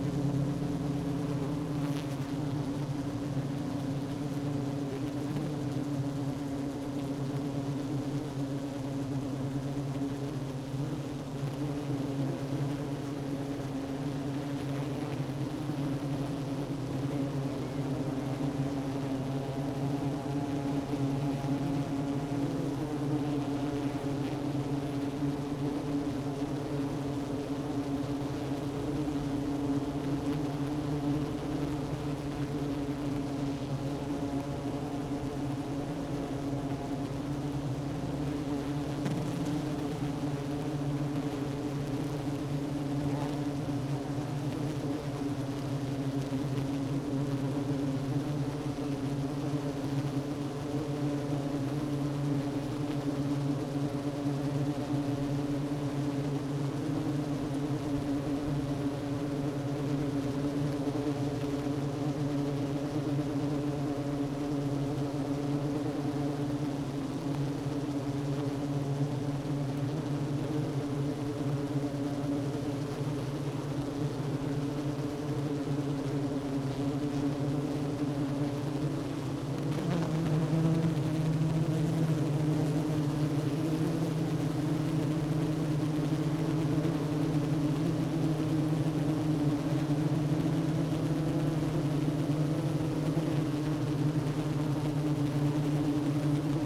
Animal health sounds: honeybee colony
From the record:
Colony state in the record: active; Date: 12 June 2018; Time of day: 10:58

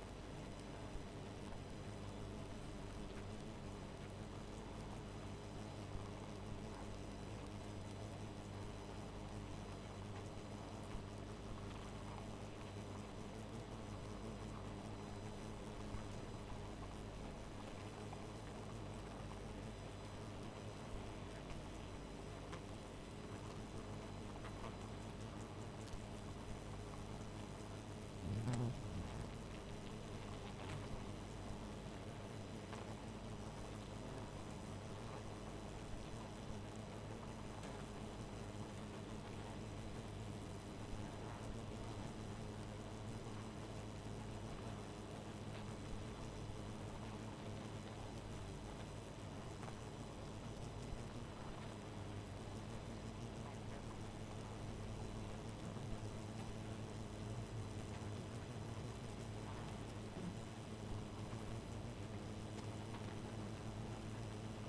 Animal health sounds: honeybee colony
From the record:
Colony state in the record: missing queen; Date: 14 July 2017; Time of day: 1:43

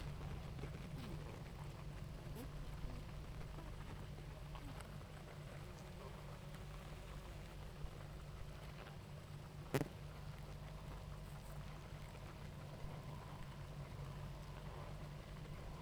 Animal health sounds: honeybee colony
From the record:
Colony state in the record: active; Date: 28 July 2017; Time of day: 18:52

